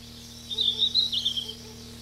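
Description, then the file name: Red-flanked bluetail delivering a single short, high, wavering warble lasting about a second, against a quiet steady hum. Recorded 29 June 1991. "Tcyanurus 29 06 91"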